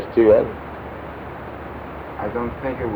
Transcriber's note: sound of heavy rain in background?